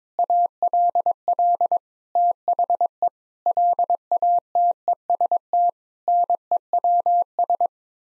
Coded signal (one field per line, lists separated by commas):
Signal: Morse code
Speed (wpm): 22 wpm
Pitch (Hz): 700 Hz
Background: none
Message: ALL THE LATEST NEWS